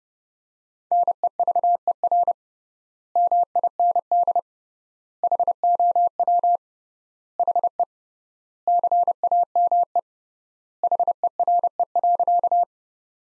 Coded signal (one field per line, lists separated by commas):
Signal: Morse code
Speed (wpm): 30 wpm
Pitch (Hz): 700 Hz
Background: none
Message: NEVER MIND HOW HE CAME HERE.